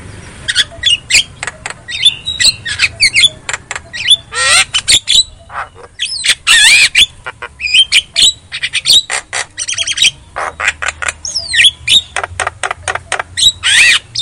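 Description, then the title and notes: Javan myna giving a long, busy song of harsh squawks, raspy bursts and bright whistled slurs in rapid succession. Lure meant to prompt a silent, non-singing bird to sing. "Pancingan Jalak Kebo Bisu. Kicau Jalak Kebo"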